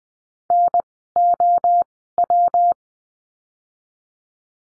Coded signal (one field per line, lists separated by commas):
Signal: Morse code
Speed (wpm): 20 wpm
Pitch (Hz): 700 Hz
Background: none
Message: N O W